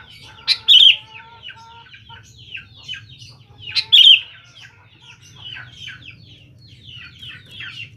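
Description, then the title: Sooty-headed bulbul song: two loud, bubbly phrases about three seconds apart, followed by quieter chattering notes and a faint low hum. "Kutilang"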